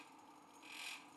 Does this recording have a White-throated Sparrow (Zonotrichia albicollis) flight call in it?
no